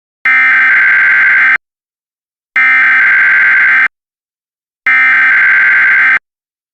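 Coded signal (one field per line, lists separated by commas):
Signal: Emergency Alert System (SAME) tones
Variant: header bursts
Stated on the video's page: Fictional EAS scenario made with Clipchamp using Wikimedia Commons sound effects.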